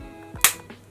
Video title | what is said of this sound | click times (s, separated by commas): Trying Judydoll Best Sellers Products 2025 | Do you hear the click? | 0.4 s